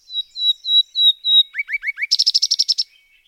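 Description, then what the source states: Common Nightingale singing a varied phrase: five clear piping notes, then four quick lower slurred notes, then a rapid rattling trill, all within three seconds. Spring migrants arriving across southern Europe after travelling north from tropical Africa across immense deserts; described as small russet thrushes and legendary singers.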